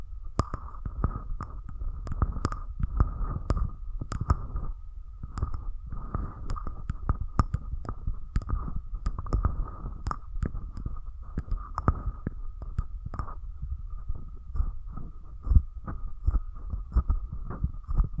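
Close-up mic treatment: a steady, thin whine holds at one mid pitch for the whole 18 seconds over a dense, deep rumbling and thumping. Irregular crackling clicks pop through constantly, with a sharper pop near 15 seconds.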